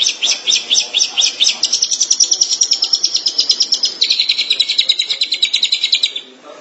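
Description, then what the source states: Long-tailed Shrike giving a rapid run of harsh high notes that speeds into a dense buzzy chatter before fading out. Recorded in March 2017.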